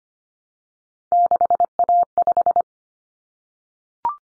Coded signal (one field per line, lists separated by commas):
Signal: Morse code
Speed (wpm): 25 wpm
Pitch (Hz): 700 Hz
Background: none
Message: 6A5